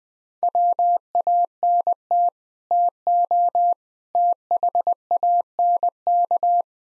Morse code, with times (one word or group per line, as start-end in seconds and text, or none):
0.4-2.3 WANT
2.7-3.7 TO
4.2-6.6 THANK